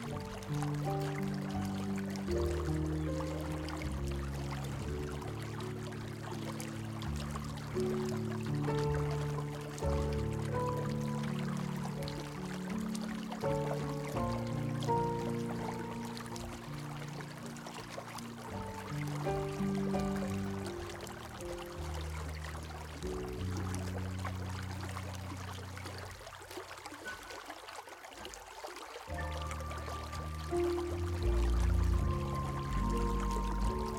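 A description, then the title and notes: A small stream trickles steadily beneath a gentle melody of sustained, overlapping notes with a soft low bass line. The water's fine splashing stays constant throughout, while the music shifts chords slowly, thinning briefly in the low end around the 27-second mark. A Small STREAM and a Relaxing MELODY. The calming sound of a small stream with gentle music.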